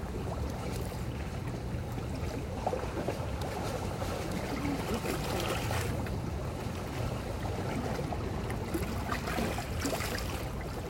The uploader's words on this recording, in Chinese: 夜晚的淡水河畔海浪。淡水河堤內凹小坡處河水拍打聲。